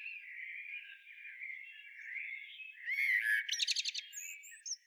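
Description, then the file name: Common blackbird song: a long low warbling run, then a brief fluty phrase and a rapid, high, twittering coda of repeated thin notes. "Turdus merula"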